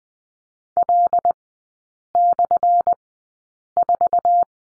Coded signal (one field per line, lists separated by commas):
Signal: Morse code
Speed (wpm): 20 wpm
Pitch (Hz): 700 Hz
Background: none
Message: L/4